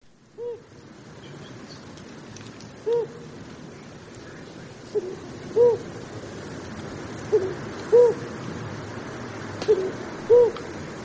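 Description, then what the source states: Flammulated owl giving low, soft hoots, several in quick pairs, over a steady background hiss. Small owl about the size of a fist, recorded in Long Canyon last summer; recording played on the radio.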